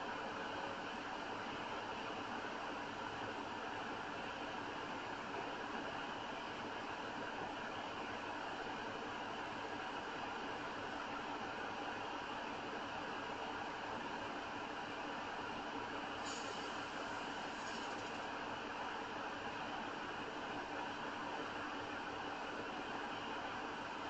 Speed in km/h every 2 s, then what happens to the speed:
0, 0, 0, 0, 0, 0, 0, 0, 0, 0, 0, 0.
0-24 standing.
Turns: none.